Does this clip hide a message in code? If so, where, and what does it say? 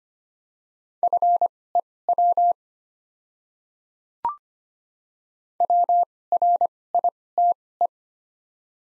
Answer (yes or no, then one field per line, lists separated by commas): yes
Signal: Morse code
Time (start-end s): 1.0-7.9 s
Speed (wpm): 25 wpm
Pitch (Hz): 700 Hz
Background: none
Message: FEW WRITE